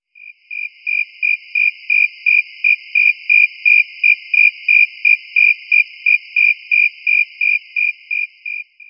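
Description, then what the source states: Insect chirping in steady, evenly spaced high pulses, about three each second, over a thin continuous whine higher up; no other sounds. Jungle ambience.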